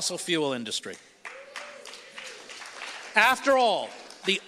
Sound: few claps